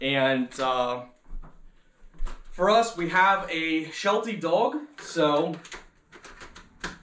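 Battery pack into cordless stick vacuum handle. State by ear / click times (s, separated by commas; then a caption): seated / 6.8 s. A battery pack is slid into the handle of a Kalado cordless stick vacuum, 26000Pa, 4-in-1, with a 240W motor, while someone talks. After the talking, a few short taps lead to a sharp final click at 6.8 s as the pack locks in place. The battery is seated, and it went in simply.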